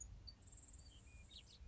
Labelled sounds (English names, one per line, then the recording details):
Grasshopper Sparrow
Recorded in Sonoma County, California